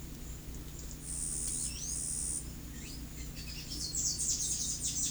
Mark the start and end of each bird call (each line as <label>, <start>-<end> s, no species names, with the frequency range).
bird call (2.1-6.8 kHz), 1.57-2.08 s
bird call (1.1-10.6 kHz), 2.72-5.11 s